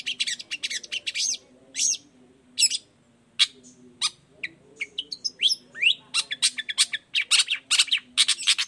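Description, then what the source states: Long-tailed shrike singing bursts of scratchy chatter and thin rising whistles, with a short silent gap in the middle and a faint low hum beneath. Persistently singing bird recorded in the morning, voice variations with 'toet toet' notes, used as a lure to make other shrikes of any kind reply quickly.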